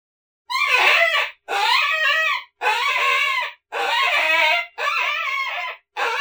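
Coyote pups giving several harsh, wavering yelping cries of about a second each, with short breaks between calls.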